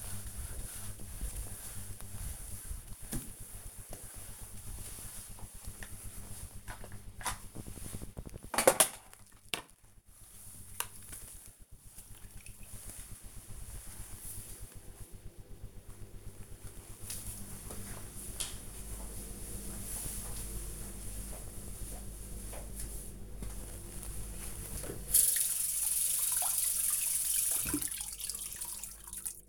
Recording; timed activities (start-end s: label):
household activities, microphone on the right wrist
0.00-12.48 s: floor cleaning
22.53-29.48 s: cleaning table